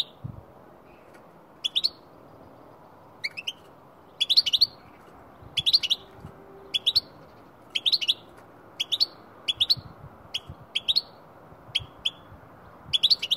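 Goldfinch calling with tinkling, clipped chirps grouped in twos and threes, coming steadily throughout against quiet low noise.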